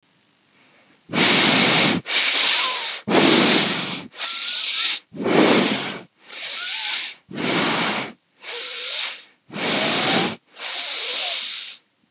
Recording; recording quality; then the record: deep breathing; excellent, no background noise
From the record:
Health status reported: healthy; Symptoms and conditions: none ticked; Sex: male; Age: 28 years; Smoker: not ticked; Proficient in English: yes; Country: India